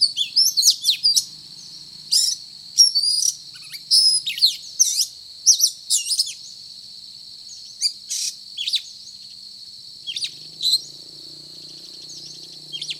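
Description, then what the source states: Oriental magpie-robin delivering a busy stream of varied whistles and short chatters, thinning to scattered notes in the second half, with a faint low hum returning late. Indonesian local name kacer; described as gacor, actively and vigorously singing.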